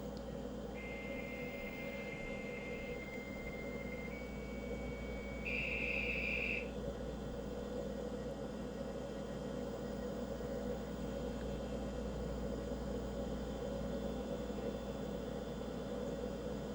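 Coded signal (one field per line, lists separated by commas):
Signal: dial-up modem handshake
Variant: 1200 or 2400 baud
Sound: a steady high answer tone for three seconds, then a brief brighter hissing tone burst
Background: low rumbling hum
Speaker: we're on now the the modem handshake you heard after the BBS answered the call didn't sound like what probably most of you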